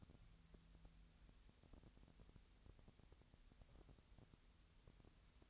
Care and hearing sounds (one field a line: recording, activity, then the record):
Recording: daily activity, microphone in the room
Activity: wipe stove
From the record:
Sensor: 3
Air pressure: 1001.6 hPa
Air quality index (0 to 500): 222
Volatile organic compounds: 30 ppm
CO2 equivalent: 2954 ppm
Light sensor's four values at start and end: 11/33/14/12 and 11/33/14/12